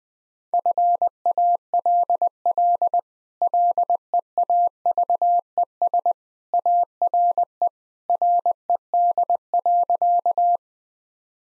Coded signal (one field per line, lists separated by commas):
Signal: Morse code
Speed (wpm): 20 wpm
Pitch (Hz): 700 Hz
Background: none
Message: FALL LEAVES ARE RED.